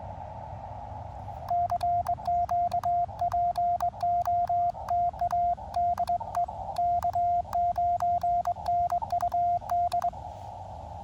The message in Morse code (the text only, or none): CQ POTA DE K9NUD